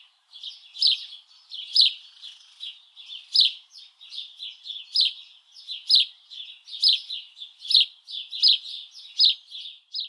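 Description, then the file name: House sparrow giving a continuous series of bright chirps with quieter chattering notes between them. "Passer domesticus"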